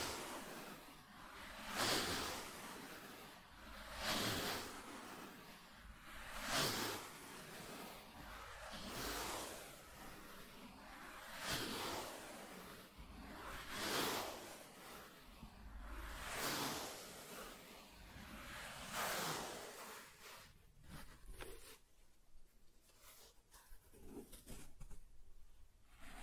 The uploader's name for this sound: Soft Tracing on Smooth and Rough Surfaces